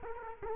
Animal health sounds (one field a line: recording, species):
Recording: mosquito wingbeat signal from an infrared sensor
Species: Culex quinquefasciatus